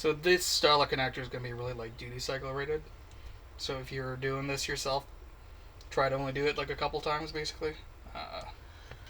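Someone talks while the inner screen flex board-to-board connector of a Motorola RAZR+ 2024 / RAZR 50 is pressed onto its mainboard socket. The connector sits in place, but nothing has snapped or clicked yet, as some of these connectors make no audible click.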